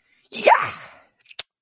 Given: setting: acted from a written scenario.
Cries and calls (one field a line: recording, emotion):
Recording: vocal sound without words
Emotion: ecstasy